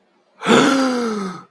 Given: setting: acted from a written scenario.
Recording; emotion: vocal sound without words; awe